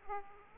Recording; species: mosquito wingbeat signal from an infrared sensor; Aedes aegypti